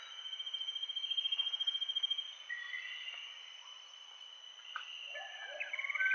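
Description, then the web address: Common paradise kingfisher call: a rapid pulsed series of notes for about two seconds, then several short harsher notes, over a steady high insect drone. Recorded in Indonesia. "indonesian-bird-sounds Tanysiptera galatea"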